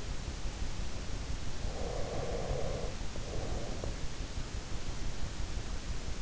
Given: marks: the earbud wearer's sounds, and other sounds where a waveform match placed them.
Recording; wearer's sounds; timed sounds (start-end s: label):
sounds in sleep by an in-ear microphone; breath
1.70-4.04 s: breath